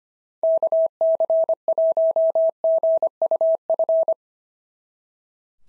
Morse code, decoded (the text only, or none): KC1GUF